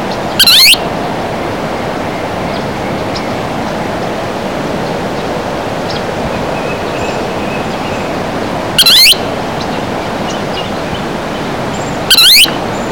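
Thick-billed kingbird giving short, sharp buzzy calls three times, several seconds apart, over constant rushing background noise.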